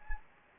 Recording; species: mosquito wingbeat signal from an infrared sensor; Anopheles gambiae